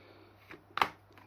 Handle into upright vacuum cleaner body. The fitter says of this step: then it just snaps back in, like so. Job done.